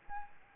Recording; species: mosquito wingbeat signal from an infrared sensor; Aedes albopictus